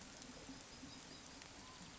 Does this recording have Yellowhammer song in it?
no